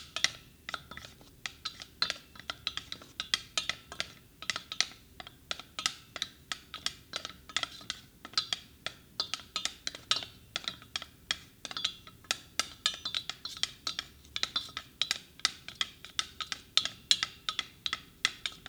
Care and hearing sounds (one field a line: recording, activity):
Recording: daily activity, guitar pickup as the sensor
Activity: fry